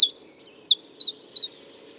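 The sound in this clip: Common chiffchaff song: five sharp high notes dropping in pitch, about three a second.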